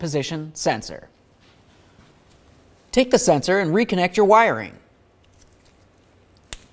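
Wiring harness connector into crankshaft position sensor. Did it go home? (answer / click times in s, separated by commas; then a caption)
yes / 6.5 s. Someone talks, then the wiring harness plug is pushed onto a new crankshaft position sensor on a 2010-2013 Ford Transit Connect. A sharp click is heard at 6.5 s as the connector seats and is confirmed secured.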